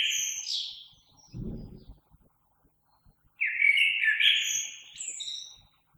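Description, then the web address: Common blackbird delivering two warbled song phrases with high squeaky endings, separated by a gap with a brief low thud. Recorded 3 March 2020. "oiseaux Merle 2020 03 03"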